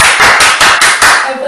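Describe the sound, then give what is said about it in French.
An audience at a Bible teaching claps together in a fast, steady rhythm, about seven loud beats in a row, applauding "the power", before the clapping breaks off and a faint voice begins. “Applaudissons le pouvoir.”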